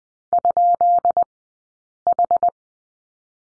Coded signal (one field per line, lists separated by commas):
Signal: Morse code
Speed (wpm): 20 wpm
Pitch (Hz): 700 Hz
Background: none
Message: ?H